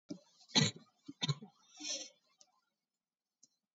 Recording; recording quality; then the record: shallow voluntary cough; moderate, slight background noise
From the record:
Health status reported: COVID-19 positive, moderate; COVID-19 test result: positive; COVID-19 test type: RT-PCR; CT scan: not taken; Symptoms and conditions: cough, cold, sore throat, fever, fatigue, muscle pain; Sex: female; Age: 30 years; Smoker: no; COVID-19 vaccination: none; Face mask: worn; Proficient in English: yes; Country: India